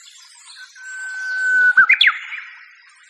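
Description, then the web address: Japanese bush warbler singing one long, level whistled note that grows louder, followed by a brisk burst of sharp notes that jump up and down in pitch. "sikioto. uguisu"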